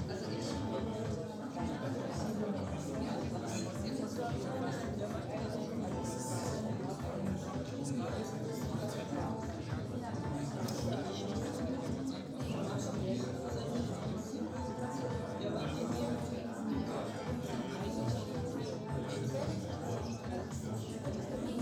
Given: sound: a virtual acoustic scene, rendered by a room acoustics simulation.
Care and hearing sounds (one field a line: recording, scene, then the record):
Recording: noise of the scene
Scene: pub, with ISTS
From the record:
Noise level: 74 dB SPL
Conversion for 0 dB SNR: 1.6 dB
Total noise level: 75.6 dB SPL